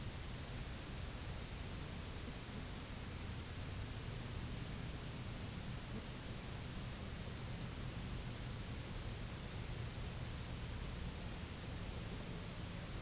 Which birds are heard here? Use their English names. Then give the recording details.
none. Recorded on Arctic tundra, site UTQI-0, on 11 June 2019. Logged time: 06:00